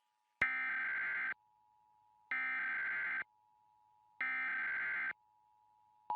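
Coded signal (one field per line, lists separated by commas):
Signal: Emergency Alert System (SAME) tones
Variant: header bursts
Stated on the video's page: 2011 National Periodic Test as relayed by KGO, the Bay Area's ABC TV station.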